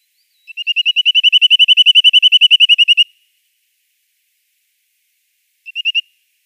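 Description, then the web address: Corsican nuthatch gives a rapid run of clipped, nasal notes for about two and a half seconds, then after a pause a short burst of four more. "Schulze Peter Corsican Nuthatch calls"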